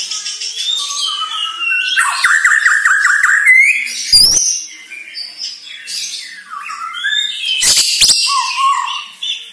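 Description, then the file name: White-rumped shama song with a rapid stuttering trill, harsh squawk-like notes and abrupt loud clicks between phrases. Bornean population; lure recording meant to make birds sing vigorously. "Pancingan Murai Batu Borneo Agar Gacor"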